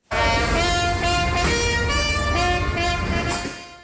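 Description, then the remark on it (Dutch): As the last car rolls off the assembly line at the VDL Nedcar car factory in Born, Limburg, Netherlands, after nearly 60 years, several vehicle horns blare together in a loud, sustained chorus of overlapping tones over a rumbling background for several seconds. “Na bijna 60 jaar rolde daar de laatste auto van de band.”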